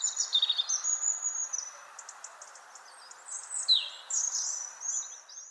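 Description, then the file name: European robin singing thin, high whistles, quick trills and sliding descending notes in varied, tumbling phrases, with a soft steady hiss underneath. "Erithacus rubecula"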